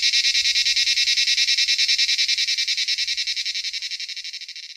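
Cicada buzzing loudly in rapid pulses, a harsh broad-band drone that fades toward the end.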